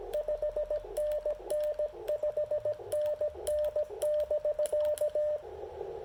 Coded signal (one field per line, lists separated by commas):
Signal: Morse code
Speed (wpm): 17 wpm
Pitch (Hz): 600 Hz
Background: radio noise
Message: 5NN 5NN <BK>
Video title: Poor propagation but impressive QRP DX with the CHA MPAS 2.0 and Icom IC-705